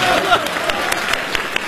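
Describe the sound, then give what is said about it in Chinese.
Scattered audience applause, a patter of many hands clapping at moderate loudness, fairly thin and not very enthusiastic, with a few sharper individual claps standing out. “那个，咱这鼓掌不太热烈。”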